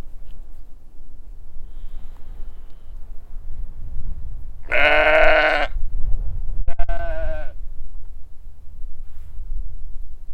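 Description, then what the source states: Sheep bleating: two loud quavering baas a couple of seconds apart midway through, with steady wind rumble throughout. Large flock on a windy hill at a sheep pasture in Hupperdange, baaing at a stranger on the road.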